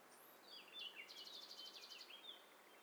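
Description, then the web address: Birds in chorus, high sweeping whistles and warbled notes overlapping with a fast buzzy trill in the middle. Many birds singing at once. "Hi Fi STEREO BIRD COCKTAIL PARTY Challenge"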